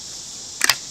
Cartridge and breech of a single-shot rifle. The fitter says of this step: again you just put it in until it clicks